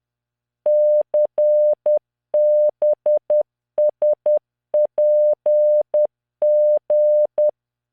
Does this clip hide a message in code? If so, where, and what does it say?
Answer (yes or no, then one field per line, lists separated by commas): yes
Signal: Morse code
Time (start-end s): 0.7-7.5 s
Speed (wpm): 10 wpm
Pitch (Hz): 600 Hz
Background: none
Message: CBSPG